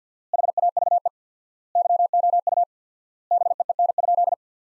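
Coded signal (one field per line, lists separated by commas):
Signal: Morse code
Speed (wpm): 50 wpm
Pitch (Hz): 700 Hz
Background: none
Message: HAVE YOU BEEN?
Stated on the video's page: Morse practice of sentences built from the top 400 words at 50 wpm with 4x word spacing, a Farnsworth-like method applied to words.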